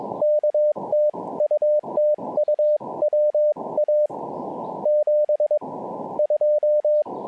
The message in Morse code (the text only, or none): K TU TU WA 72